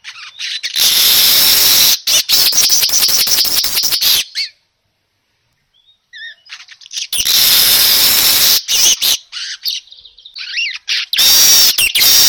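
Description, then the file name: Weaver song: repeated loud, sizzling chatter bursts broken by short clicks, a brief silent gap, then more buzzy outbursts with thin whistles. Lure sound (pancingan) of a weaver (manyar) singing persistently (gacor). "Suara Pancingan Burung Manyar Gacor Dor"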